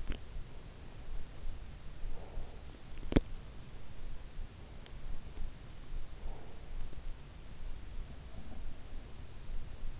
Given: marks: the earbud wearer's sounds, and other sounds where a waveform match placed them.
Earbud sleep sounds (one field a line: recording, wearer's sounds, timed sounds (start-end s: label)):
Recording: sounds in sleep by an in-ear microphone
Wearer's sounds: teeth grinding, breath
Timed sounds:
0.00-0.22 s: teeth grinding
1.90-3.29 s: breath
3.07-3.42 s: teeth grinding
6.16-7.05 s: breath